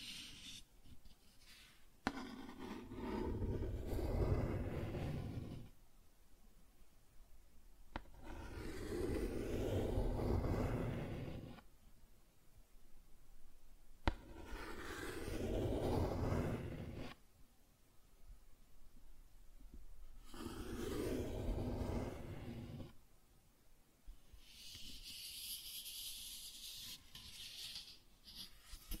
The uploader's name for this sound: Cardboard Scratching, Tracing, Tearing